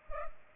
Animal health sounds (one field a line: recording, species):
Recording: mosquito wingbeat signal from an infrared sensor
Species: Culex pipiens